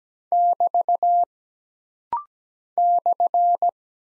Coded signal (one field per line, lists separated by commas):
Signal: Morse code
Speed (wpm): 17 wpm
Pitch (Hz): 700 Hz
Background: none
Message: <BT> /